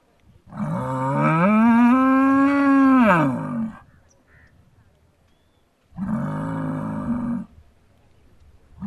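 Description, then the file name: Bull producing a long, powerful bellow of about three seconds that rises slightly then drops, followed after a pause by a shorter second bellow. "Bullbellow"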